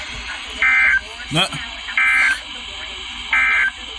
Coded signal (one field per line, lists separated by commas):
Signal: Emergency Alert System (SAME) tones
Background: speech